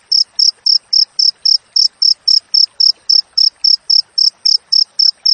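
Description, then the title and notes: Short, piercing cricket chirps repeat evenly, almost four every second, against a quiet background. Clear natural cricket recording with closely spaced chirps, intended as master audio for training songbirds and for driving away rats. "Masteran Jangkrik Alam Jernih, Jeda Rapat Cocok Untuk Masteran Burung Dan Mengusir Tikus. suara jangkrik"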